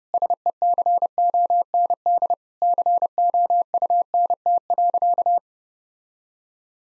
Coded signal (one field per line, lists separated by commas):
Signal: Morse code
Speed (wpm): 30 wpm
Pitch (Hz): 700 Hz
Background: none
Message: SECOND COUNT.